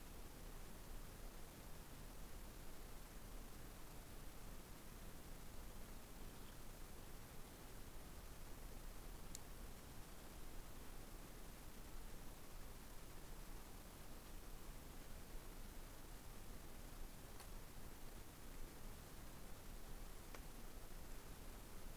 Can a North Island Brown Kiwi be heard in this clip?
no